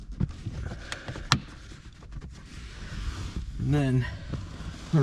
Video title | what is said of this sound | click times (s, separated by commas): Upgrade Your BMW E46 M3: Say Goodbye to Yucky C Pillar Trim! | that's one click we heard so we need to hear another click | 1.3 s